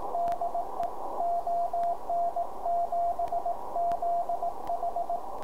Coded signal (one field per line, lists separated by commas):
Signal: Morse code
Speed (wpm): 19 wpm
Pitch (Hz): 690 Hz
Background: radio noise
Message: DE ON7ZH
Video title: G0PNM's Keys #1 - The Begali Spark